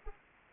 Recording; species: mosquito wingbeat signal from an infrared sensor; Anopheles arabiensis